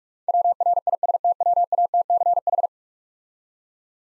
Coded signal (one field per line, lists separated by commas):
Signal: Morse code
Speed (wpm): 46 wpm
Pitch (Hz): 700 Hz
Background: none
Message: WRISTWATCH